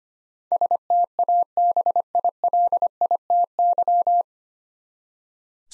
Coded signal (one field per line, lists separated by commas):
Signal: Morse code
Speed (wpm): 25 wpm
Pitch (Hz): 700 Hz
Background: none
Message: STABILITY